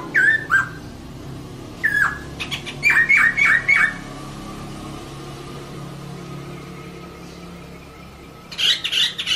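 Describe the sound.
Bird song: short whistled chirps near one pitch in quick bursts, a pause, then a high rapid twittering phrase at the end over a steady low hum.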